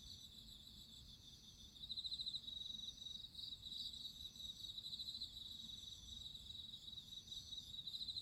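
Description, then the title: Cricket song: rapid high pulsed chirps over a continuous insect chorus, louder bursts from about two seconds on, with a soft low background hum. Crickets singing at midnight. "nature crickets singing at midnight"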